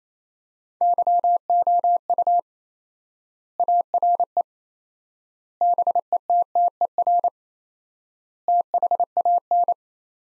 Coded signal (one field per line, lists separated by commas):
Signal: Morse code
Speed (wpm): 28 wpm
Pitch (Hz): 700 Hz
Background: none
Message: YOU ARE BETTER THAN